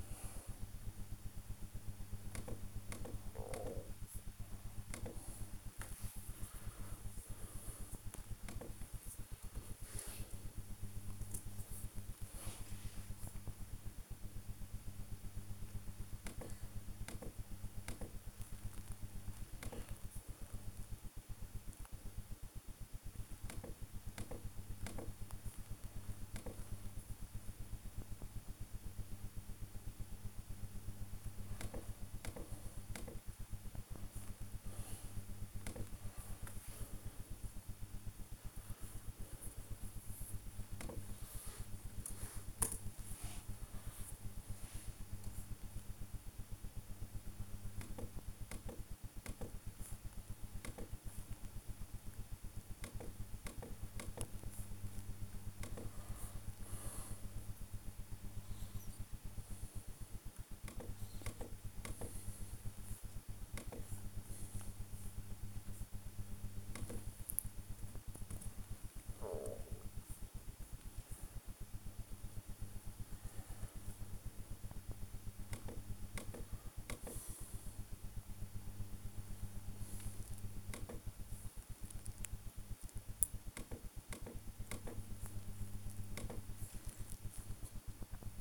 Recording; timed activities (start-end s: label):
household activities, microphone on the right wrist
0.00-88.41 s: working on the computer